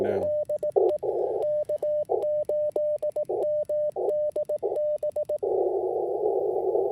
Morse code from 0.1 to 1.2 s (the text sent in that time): DE